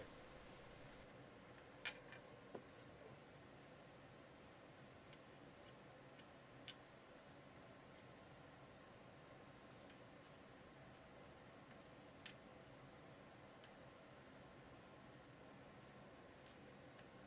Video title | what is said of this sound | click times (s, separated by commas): colorDMD - Color LED DMD Install - Jurassic Park Pinball (1993 Data East) | the short side down carefully push them in until they click | 1.9 s, 6.7 s, 12.3 s